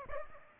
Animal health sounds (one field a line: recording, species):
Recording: mosquito wingbeat signal from an infrared sensor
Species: Aedes aegypti